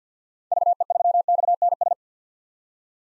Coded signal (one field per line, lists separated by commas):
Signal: Morse code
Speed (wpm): 50 wpm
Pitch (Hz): 700 Hz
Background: none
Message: VE3XNS